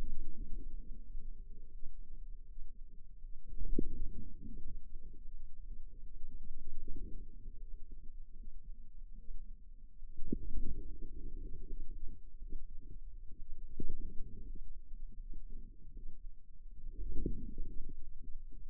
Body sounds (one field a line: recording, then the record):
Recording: forearm muscle sounds (acoustic myography)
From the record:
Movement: radial deviation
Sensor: system 2, bracelet of six BSWA MPA416 microphones around the upper forearm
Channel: 3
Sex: female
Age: 23 years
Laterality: right